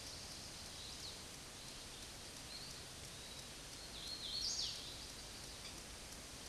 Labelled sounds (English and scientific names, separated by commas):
Hooded Warbler (Setophaga citrina) song